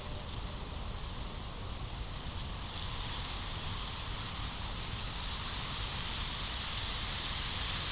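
Madara-suzu cricket trilling: brief high-pitched buzzing bursts repeated evenly about once per second, with a constant hiss and low hum behind.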